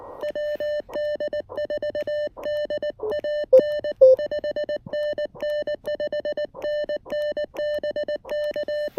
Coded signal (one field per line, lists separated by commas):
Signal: Morse code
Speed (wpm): 19 wpm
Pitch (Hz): 600 Hz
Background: none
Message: WD4DAN 5NN 5NN BK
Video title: Exploring the Mountains-to-Sea Trail: POTA Activation feat. Hazel and the Elecraft KX1!